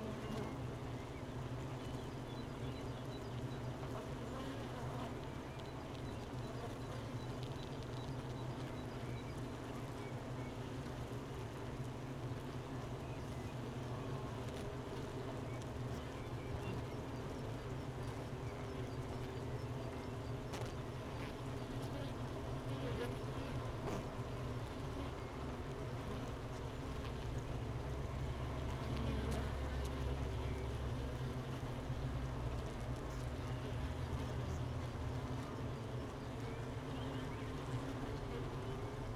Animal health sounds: honeybee colony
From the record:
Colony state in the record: missing queen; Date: 31 May 2018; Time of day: 12:57

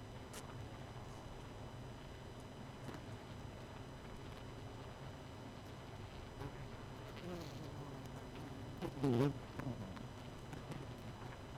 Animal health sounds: honeybee colony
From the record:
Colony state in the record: missing queen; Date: 31 May 2018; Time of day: 23:41

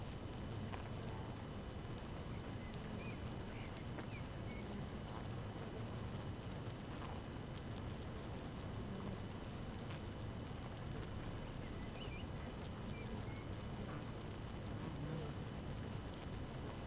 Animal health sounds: honeybee colony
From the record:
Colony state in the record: active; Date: 12 June 2018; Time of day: 5:20

